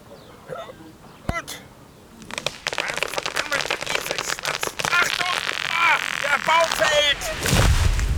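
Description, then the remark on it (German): A too-small axe chops at a tree with three sharp, loud whacks, mixed with voices and effortful grunts, ending in a heavy rumbling crash as the tree is felled. “Ich brauche ganze 3 Schläge, um einen Baum zu fällen.”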